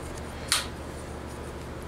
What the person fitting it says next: it locks in just like that.